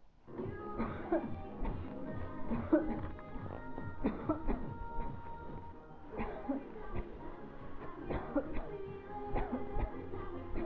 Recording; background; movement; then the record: voluntary coughing; music; walking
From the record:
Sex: female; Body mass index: 22.6 kg/m2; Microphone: on the chest, facing the body